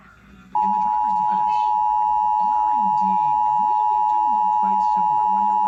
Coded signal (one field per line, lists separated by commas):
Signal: Emergency Alert System (SAME) tones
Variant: 853 and 960 Hz attention tone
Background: speech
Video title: Child Abduction Emergency on KFWR-FM & KTFW-FM (EAS #543-544)